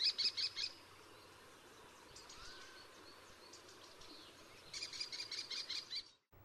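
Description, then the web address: American kestrel calling: rapid series of shrill, high klee notes at the start, a quiet gap with steady background hiss, then another fast shrill series. Western USA. "Songs of Birds of North America Western USA Songbirds. American Kestrel"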